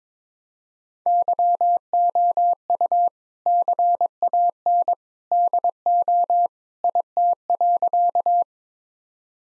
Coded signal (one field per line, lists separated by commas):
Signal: Morse code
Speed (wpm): 22 wpm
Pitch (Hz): 700 Hz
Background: none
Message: YOU CAN DO IT.